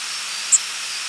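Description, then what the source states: Common yellowthroat giving one very short, high, thin flight call note midway, set against a steady background hiss. Nocturnal flight call.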